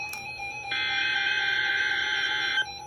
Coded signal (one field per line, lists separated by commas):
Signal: Emergency Alert System (SAME) tones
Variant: header bursts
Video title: KDO89 Required Weekly Test EAS #1